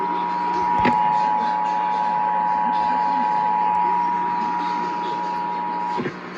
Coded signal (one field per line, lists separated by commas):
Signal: Emergency Alert System (SAME) tones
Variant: 853 and 960 Hz attention tone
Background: speech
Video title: [EAS #48-54] RMT’s and RWT’s